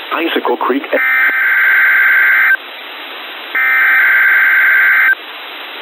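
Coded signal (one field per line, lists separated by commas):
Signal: Emergency Alert System (SAME) tones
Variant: header bursts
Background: speech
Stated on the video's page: SAME tones and 1050 Hz tone of an NWS Spokane Required Weekly Test received off NOAA weather radio WXM48 Wenatchee, 162.475 MHz.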